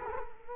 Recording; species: mosquito wingbeat signal from an infrared sensor; Culex quinquefasciatus